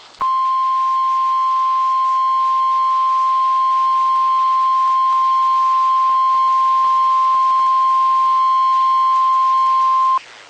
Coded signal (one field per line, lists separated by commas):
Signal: Emergency Alert System (SAME) tones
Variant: 1050 Hz attention tone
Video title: Real NOAA Weather Radio EAS Alert #69